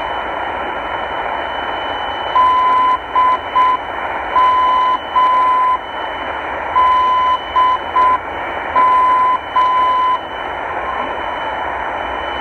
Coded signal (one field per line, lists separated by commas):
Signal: Morse code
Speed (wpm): 6 wpm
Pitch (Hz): 1010 Hz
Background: radio noise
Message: DM DM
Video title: [NDB] - 690 KHz- DM (Dmitrivka (Republic of Crym), Russia, ~480km)